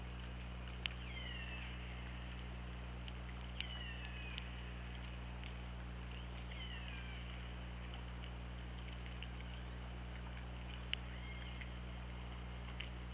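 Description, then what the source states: Orca calls: several descending harmonic sweeps at irregular intervals, sharp clicks between them, with a steady low hum underneath. Underwater hydrophone recording from OrcaLab, 24 August 2017, around 20:54.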